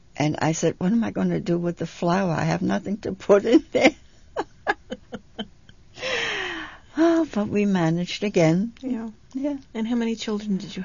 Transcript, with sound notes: And I said, "What am I going to do with the flour? I have nothing to put in it." ( they laugh ) But we managed, again.
And how many children did you have?